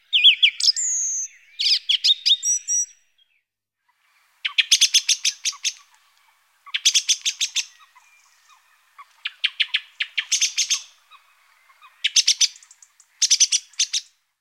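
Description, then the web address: Song thrush song: phrases of sharp, repeated notes, each about a second long and separated by short pauses, the first phrases more tonal, the later ones rattling. "chant : Grive musicienne"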